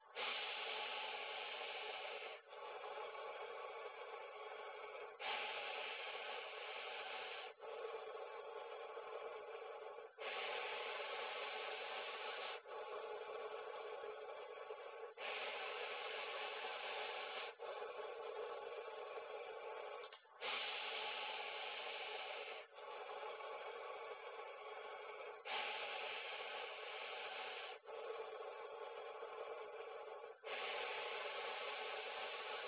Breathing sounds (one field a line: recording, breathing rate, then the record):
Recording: paced breathing near a phone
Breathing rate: 12 breaths a minute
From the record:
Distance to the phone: 20 cm